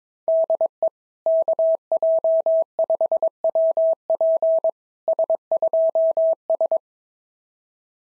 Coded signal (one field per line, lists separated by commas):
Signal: Morse code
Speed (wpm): 22 wpm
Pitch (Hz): 650 Hz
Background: none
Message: DE KJ5WP S2S